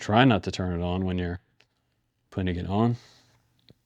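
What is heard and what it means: An ELRS transmitter module is gently pressed down into the plastic nano module bay on the back of a handheld radio while someone talks. After a pause, small clicks at 3.6 and 3.7 seconds mark the module snapping into place in the tracks, and it is seated.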